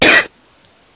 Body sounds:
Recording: coughing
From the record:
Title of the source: 30 Chesty and wet cough

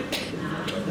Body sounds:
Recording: coughing mixed with background sound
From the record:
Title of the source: 55 gaggy wet cough

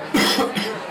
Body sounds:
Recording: coughing mixed with background sound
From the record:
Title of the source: Man Coughing Sound - Wet Cough Sound Effect

